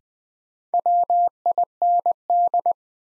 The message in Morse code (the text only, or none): WIND